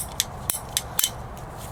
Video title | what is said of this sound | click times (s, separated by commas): How To Use A PVC Cutter Ratchet Tool (42mm 1-5/8" PVC Plumbing Pipe Cutter Tool) Ratcheting Pipe | And you hear that last click, then you can put it away. | 1.0 s